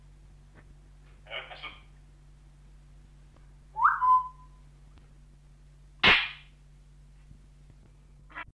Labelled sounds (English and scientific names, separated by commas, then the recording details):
Grey Parrot (Psittacus erithacus) call
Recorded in captivity
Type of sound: call
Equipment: Halbspur, 9,5 cm/s
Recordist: Lütgens, Hans
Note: Bei Herrn Wietenbohm: Imitationen